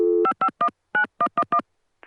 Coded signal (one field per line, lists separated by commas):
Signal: DTMF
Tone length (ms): 80 ms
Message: 5519111